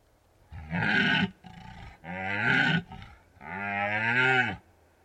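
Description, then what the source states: Red deer stag roaring: three long harmonic bellows with shorter, quieter calls between them. Red deer stags rutting in the Carpathian Mountains, Bucovina, Romania.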